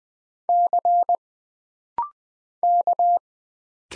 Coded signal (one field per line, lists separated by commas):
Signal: Morse code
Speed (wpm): 20 wpm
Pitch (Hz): 700 Hz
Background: none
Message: C K